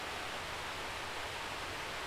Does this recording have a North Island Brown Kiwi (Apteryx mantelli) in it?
no